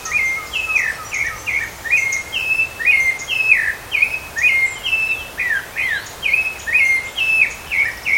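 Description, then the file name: Rufous-bellied thrush song, a rapid run of short whistled notes with downward slurs, repeated steadily throughout, over faint steady background hiss. Recorded in a park at Canela, Rio Grande do Sul, Brazil, on 30 October 2013. "Turdus-rufiventris-Pq Caracol Canela RS-30-10-13-ASilveira"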